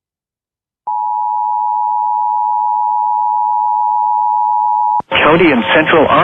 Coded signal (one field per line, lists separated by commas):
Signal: Emergency Alert System (SAME) tones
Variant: 853 and 960 Hz attention tone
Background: speech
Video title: Tornado warning just south of Little Rock, Arkansas (EAS 83)